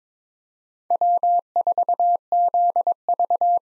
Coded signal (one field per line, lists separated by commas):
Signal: Morse code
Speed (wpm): 21 wpm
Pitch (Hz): 700 Hz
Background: none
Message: W4ZV